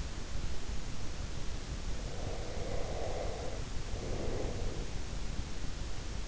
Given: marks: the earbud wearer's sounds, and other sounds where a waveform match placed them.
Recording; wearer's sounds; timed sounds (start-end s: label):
sounds in sleep by an in-ear microphone; breath
2.04-5.16 s: breath